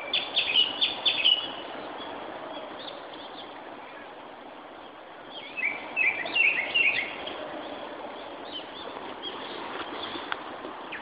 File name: Turdus cardis